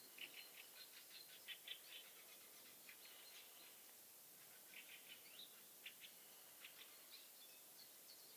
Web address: Aktivitetsbanken. Fuglelyder Kjøttmeis